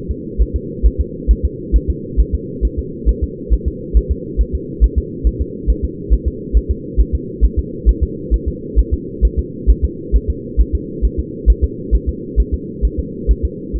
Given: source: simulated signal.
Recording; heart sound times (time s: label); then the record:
fetal heart sounds
0.11 s: S2
0.41 s: S1
0.56 s: S2
0.86 s: S1
1.01 s: S2
1.31 s: S1
1.45 s: S2
1.76 s: S1
1.90 s: S2
2.20 s: S1
2.35 s: S2
2.65 s: S1
2.79 s: S2
3.09 s: S1
3.23 s: S2
3.53 s: S1
3.68 s: S2
3.97 s: S1
4.11 s: S2
4.41 s: S1
4.55 s: S2
4.84 s: S1
4.98 s: S2
5.27 s: S1
5.41 s: S2
5.70 s: S1
5.84 s: S2
6.13 s: S1
6.28 s: S2
6.57 s: S1
6.71 s: S2
7.00 s: S1
7.15 s: S2
7.45 s: S1
7.59 s: S2
7.89 s: S1
8.03 s: S2
8.34 s: S1
8.48 s: S2
8.79 s: S1
8.94 s: S2
9.25 s: S1
9.39 s: S2
9.70 s: S1
9.85 s: S2
10.16 s: S1
10.30 s: S2
10.61 s: S1
10.75 s: S2
11.05 s: S1
11.19 s: S2
11.50 s: S1
11.64 s: S2
11.95 s: S1
12.09 s: S2
12.40 s: S1
12.54 s: S2
12.85 s: S1
12.99 s: S2
13.31 s: S1
13.45 s: S2
13.76 s: S1
From the record:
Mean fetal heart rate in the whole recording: 135 bpm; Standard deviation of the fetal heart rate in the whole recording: 3 bpm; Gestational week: 34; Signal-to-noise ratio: -4.1 dB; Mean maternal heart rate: no maternal heart sound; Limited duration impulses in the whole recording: absent